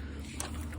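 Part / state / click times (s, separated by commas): wiring connector on car alternator / released / 0.4 s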